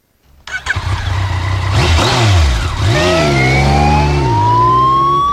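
A motorcycle ambulance on Polish roads, a fully registered ambulance with light and sound signals: its engine revs and rumbles low while its siren wails over it, the rising tone sweeping upward in long glides, loud and steady throughout with no voices.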